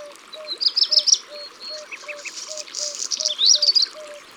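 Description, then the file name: Black redstart song: a high, quick warbled phrase, then a scratchy crackling burst and a final twittering flourish, over a low note repeated throughout. "Rougequeue noir"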